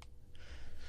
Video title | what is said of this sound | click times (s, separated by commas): The GEODE for iPhone | and then clicks into place now it would fit a little bit better | 0.0 s